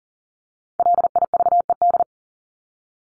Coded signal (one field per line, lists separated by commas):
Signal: Morse code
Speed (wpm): 40 wpm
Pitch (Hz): 700 Hz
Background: none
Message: LIVED